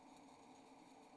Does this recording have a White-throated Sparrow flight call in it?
no